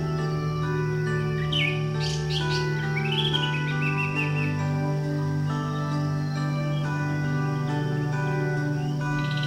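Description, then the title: Bird chirps in a short burst of quick twittering notes in the first few seconds, over a steady low hum. "SuaraBurung Kicau"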